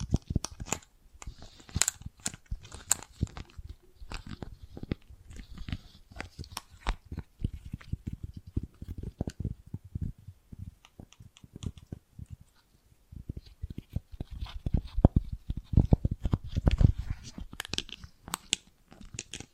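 Bracelets and jewelry boxes being handled, producing a dense, irregular stream of short clicks, taps and rattles that runs nearly the whole time. The activity thins briefly around the middle, then picks up again with sharper, louder clacks near the end.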